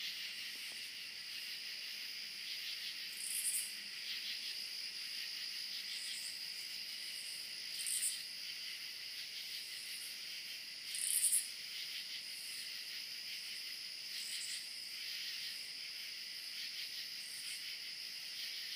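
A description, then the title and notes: A dense chorus of crickets chirps steadily throughout, a bright, high, continuous trilling with many insects overlapping. A few sharper chirps stand out briefly around four, eight and eleven seconds. There is almost nothing in the low range. Crickets, Lots Of Them.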